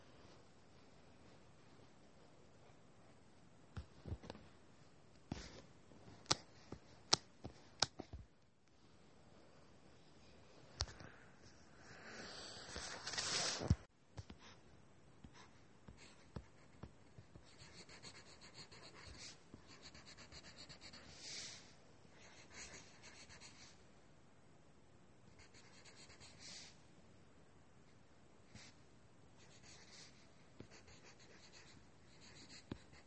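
Pen or pencil sounds of drawing and writing: soft scratching strokes come and go over a quiet hiss. Sharp taps and clicks punctuate the first half, and a louder rubbing burst stands out around thirteen seconds before the strokes settle into steadier, lighter scribbling.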